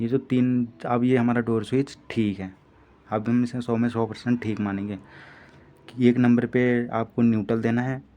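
A man talks almost continuously over a front-load washing machine's door interlock switch during a live powered test, with brief quiet gaps and a faint hiss around 5 seconds. The lock plunger has not yet come out, and nothing has seated or clicked yet.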